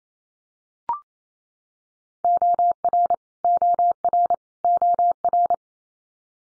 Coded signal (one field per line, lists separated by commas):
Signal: Morse code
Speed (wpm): 28 wpm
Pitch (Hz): 700 Hz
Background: none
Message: OR OR OR